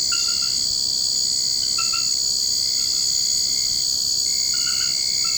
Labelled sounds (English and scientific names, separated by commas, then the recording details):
none
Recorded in secondary vegetation near Puerto Asís, Putumayo, Colombia, on 24 March 2025 at 23:30
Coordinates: 0.488, -76.319
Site G095